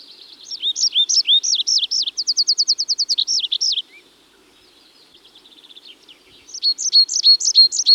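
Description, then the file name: Tree pipit song with swooping chirped notes and a fast rattling trill, a quiet soft trill after a break, then loud chirps again. "Tree Pipit (Anthus trivialis)"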